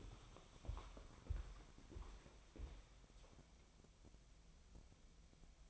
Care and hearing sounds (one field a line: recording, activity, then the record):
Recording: daily activity, microphone in the room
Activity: walk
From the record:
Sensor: 1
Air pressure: 1015.4 hPa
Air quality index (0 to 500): 124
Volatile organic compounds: 4 ppm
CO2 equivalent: 1694 ppm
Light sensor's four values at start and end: 14/35/14/16 and 15/37/15/17